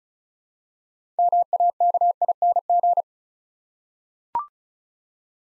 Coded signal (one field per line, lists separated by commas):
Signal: Morse code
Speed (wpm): 36 wpm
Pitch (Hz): 700 Hz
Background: none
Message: MAKING